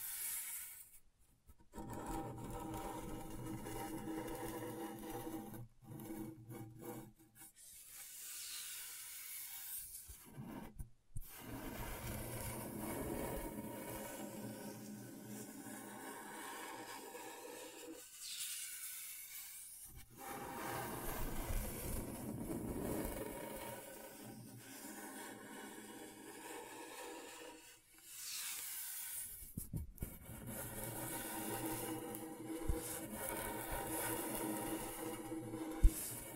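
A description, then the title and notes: Scratchboard being scraped in uneven bursts, bright rasping strokes with steady low hum, broken by brief silences near 2, 11, 20 and 28 seconds. ASMR Brain Tingling Scratchboard (No Talking).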